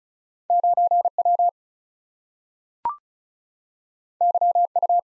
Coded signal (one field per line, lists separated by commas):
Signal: Morse code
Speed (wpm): 36 wpm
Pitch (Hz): 700 Hz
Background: none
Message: 9W YU